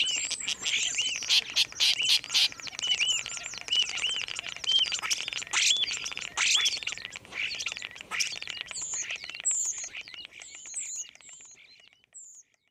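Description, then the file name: Common starling song, a dense rambling medley of whistles, clicks, rattles and slurred notes, with high thin whistles near the end before it fades out. "kuldnokk"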